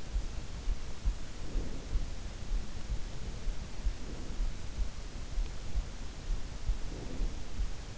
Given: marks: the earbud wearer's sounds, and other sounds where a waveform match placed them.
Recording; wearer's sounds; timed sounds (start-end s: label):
sounds in sleep by an in-ear microphone; breath
1.13-2.51 s: breath
3.68-4.76 s: breath
6.56-7.81 s: breath